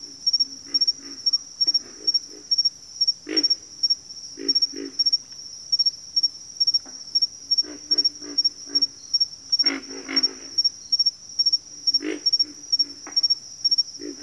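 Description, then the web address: Pig frog, deep snorting grunts at irregular intervals against a continuous pulsed insect trill. "ENTER Music and Audio J - Nature Songs Nature Sounds Sounds of Nature Collection Pig Frogs"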